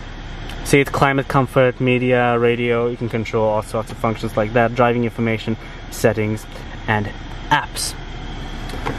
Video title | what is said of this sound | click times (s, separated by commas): 2017 BMW 740E Startup And Review | put the tablet in slides into place and locks in place as you can see | 8.9 s